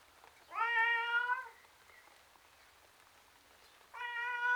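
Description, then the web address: Domestic cat giving a drawn-out, strained meow, then a second wail starting near the end; quiet background between calls. Miserable tom cat outside. "BBC Sound Effects Library. Miserable Tom Cat"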